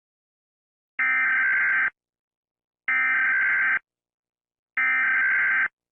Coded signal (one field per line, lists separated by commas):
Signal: Emergency Alert System (SAME) tones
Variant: header bursts